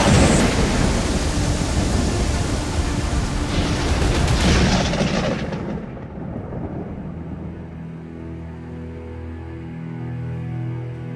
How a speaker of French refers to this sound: Cette affreuse tempête dure plus de 5 heures.